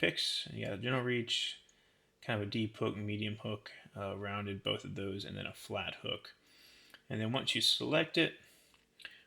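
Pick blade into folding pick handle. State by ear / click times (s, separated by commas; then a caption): seated / 9.0 s. Someone talks while a selected pick blade on a folding multi-pick tool is swung out from the handle. A small click at 9.0 s marks the blade locking into place in the handle.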